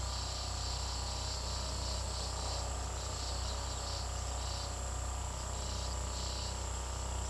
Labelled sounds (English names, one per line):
none